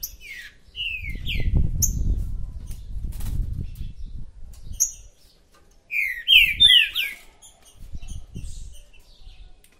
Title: Esse É PERFEITO Para ESQUENTAR Seu TRINCA Piando, Cantando E Macheando Na DISPUTA